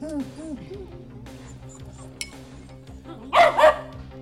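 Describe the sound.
A dog gives two loud, sharp barks in quick succession toward the end, after a stretch of people talking with a low steady hum underneath.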